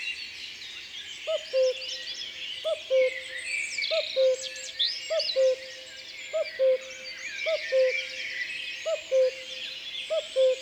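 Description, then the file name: Common cuckoo calling rhythmically, two falling hoot-like notes about every 1.2 seconds, with a chorus of twittering birds behind. Recorded in the Drôme, France. "Coucou gris Concerts Naturels de la Drome Studio les Trois Becs"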